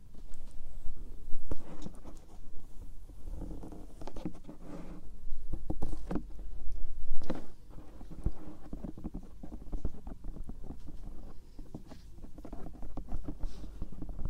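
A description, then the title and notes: Soft ear brushing and tapping with fluttering finger strokes, a steady low rumble underneath and sharp taps around two, six, seven and eight seconds. Ear brushing. Ear tapping. Finger Flutter. Ear touching.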